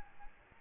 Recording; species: mosquito wingbeat signal from an infrared sensor; Aedes albopictus